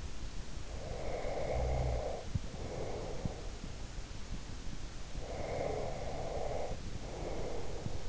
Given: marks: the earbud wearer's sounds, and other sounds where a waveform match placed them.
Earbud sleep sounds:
sounds in sleep by an in-ear microphone; snoring breath, breath
0.84-3.50 s: snoring breath
5.24-8.09 s: breath

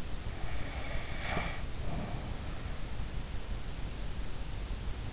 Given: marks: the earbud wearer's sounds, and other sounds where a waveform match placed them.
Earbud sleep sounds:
sounds in sleep by an in-ear microphone; snoring breath
0.37-2.84 s: snoring breath

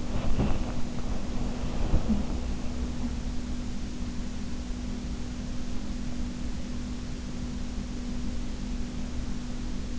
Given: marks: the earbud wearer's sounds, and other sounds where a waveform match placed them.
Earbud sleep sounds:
sounds in sleep by an in-ear microphone; body movement, talking in sleep
0.00-1.32 s: body movement
1.92-3.24 s: talking in sleep

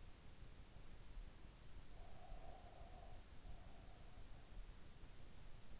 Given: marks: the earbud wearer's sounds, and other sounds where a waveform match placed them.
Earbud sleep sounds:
sounds in sleep by an in-ear microphone; breath
1.74-4.74 s: breath

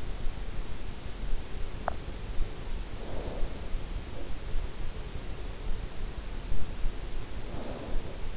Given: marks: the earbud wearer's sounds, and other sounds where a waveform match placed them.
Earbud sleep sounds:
sounds in sleep by an in-ear microphone; snoring breath
2.81-3.69 s: snoring breath
7.32-8.15 s: snoring breath

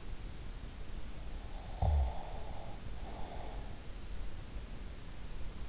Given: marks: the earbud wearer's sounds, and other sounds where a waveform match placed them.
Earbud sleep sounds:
sounds in sleep by an in-ear microphone; breath
1.28-3.84 s: breath

